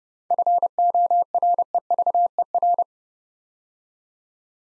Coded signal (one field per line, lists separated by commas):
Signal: Morse code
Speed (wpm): 30 wpm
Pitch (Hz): 700 Hz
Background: none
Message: FOREVER